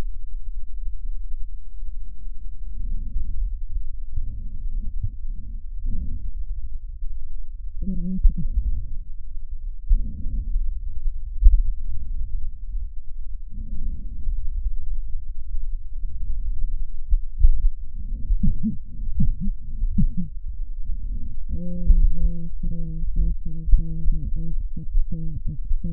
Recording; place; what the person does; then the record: lung sounds by stethoscope; left posterior basal chest; quiet breathing, then cough and speech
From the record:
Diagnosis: interstitial lung disease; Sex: female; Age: 72 years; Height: 158 cm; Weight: 69 kg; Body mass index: 27.6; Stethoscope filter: bell mode